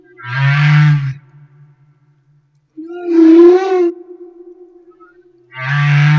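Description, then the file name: Humpback whale song: a deep, rasping low moan, then a higher tonal wail with a wavering tail, followed by another low growling unit, separated by short silences. Recorded off Madagascar. "Humpback Whale - Madagascar Whale One"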